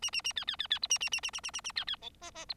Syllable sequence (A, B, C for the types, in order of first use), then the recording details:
A A A B B B B C A A A A A A A A B B D E E C. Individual Bird4